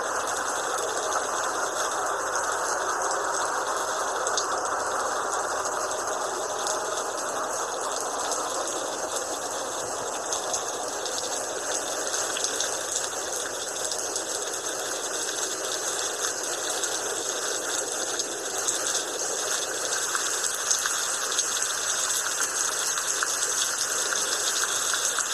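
Light rain falls steadily and evenly for the whole stretch, a dense hiss with fine pattering and no rumbling or sudden bursts.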